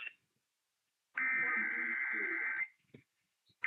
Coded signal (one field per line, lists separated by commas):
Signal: Emergency Alert System (SAME) tones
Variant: header bursts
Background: speech